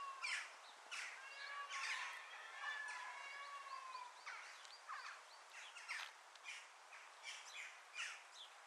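Birds singing: a series of clear rising and falling whistled phrases at first, then quick repeated chirps and trills, over steady background hiss.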